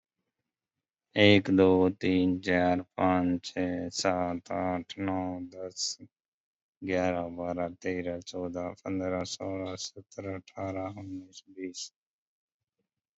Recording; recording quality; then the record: counting at a normal pace; excellent, no background noise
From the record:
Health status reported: COVID-19 positive, mild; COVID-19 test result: positive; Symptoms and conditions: cough, sore throat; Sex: male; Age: 34 years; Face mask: worn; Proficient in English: yes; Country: India